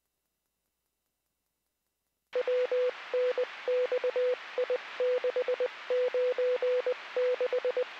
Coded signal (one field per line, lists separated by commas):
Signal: Morse code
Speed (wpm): 20 wpm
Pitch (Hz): 500 Hz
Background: none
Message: WNXI696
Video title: 17-Apr-2024 // LAFD Los Angeles Fire Department SCANNER Radio ARCHIVE // FIRE & EMS // LA CAPTAIN